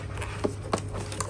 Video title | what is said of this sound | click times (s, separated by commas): Mi Robot Vacuum- Mop 2 / Kutu Açılımı - #xiaomi #kutuaçılımı #temizlik | bunu bu şekilde tık diye geçirebiliyorsunuz bunun | 0.7 s, 1.2 s